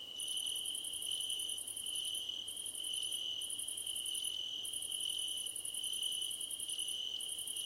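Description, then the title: Crickets trill constantly while very high pulsed chirps come in bursts of one to two seconds, alongside faint short higher tones at intervals. Crickets at night under a starlit sky; described as a gentle hum. "Nighttime Ambience with Crickets"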